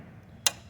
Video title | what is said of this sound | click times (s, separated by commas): how to install a new DIN rail breaker in a solar edge backup interface for review | spring loaded wise, you'll hear them click in and just make sure they're pushed in tight. | 0.5 s